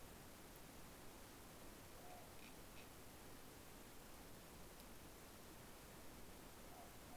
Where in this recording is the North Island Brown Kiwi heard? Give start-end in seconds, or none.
none